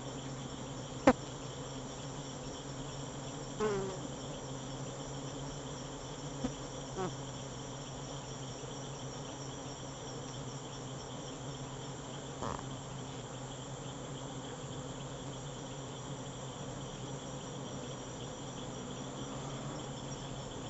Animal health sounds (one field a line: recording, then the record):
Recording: honeybee defence experiment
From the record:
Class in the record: alert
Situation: Africanized honeybees facing leafcutter ants (Atta)